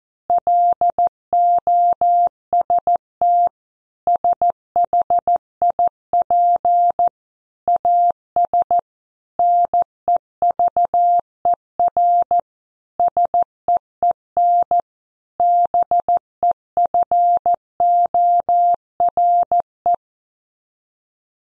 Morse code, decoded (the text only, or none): LOST SHIP AS NEVER SEEN BEFORE